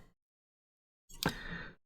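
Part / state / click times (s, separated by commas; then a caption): plastic model part onto model wing / seated / 1.2 s. A plastic part from issue 60 of the DeAgostini Modelspace build-your-own scale model X-Wing is pressed onto the model wing over two locating holes. After a brief faint sound at the start and a short silence, a rustle of handling leads into a single sharp click at 1.2 s, followed by a fading scrape. The part clamps into place and is seated firmly enough that it is unlikely to come off without glue.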